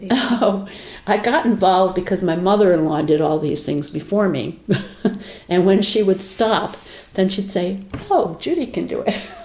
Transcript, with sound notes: Oh, I got involved because my mother-in-law did all these things before me. [chuckles] And when she would stop, then she'd say, “Oh, Judy can do it!”